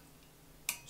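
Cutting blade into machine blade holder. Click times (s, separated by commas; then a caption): 0.7 s. A machine's cutting blade, fitted sharp side out, is pressed into its plastic holder. After a quiet stretch, one sharp, bright click sounds at 0.7 s as the blade snaps into the holder and seats.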